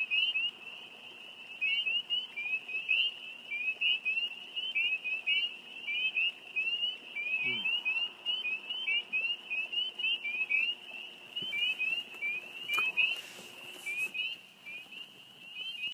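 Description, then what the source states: Spring peepers calling in a chorus, many high, short upslurred peeps overlapping continuously, with a faint low hum in the background. Field recording.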